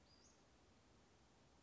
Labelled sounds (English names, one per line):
Western Flycatcher